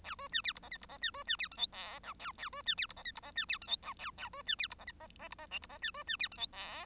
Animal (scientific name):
Lonchura striata domestica